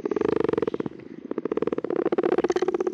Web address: Common or Grass Frog